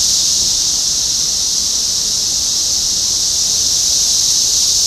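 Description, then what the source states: Chorusing cicadas give an even, sizzling high drone, swelling a little toward the end. Recorded in Topeka, Kansas, on 14 June 2015.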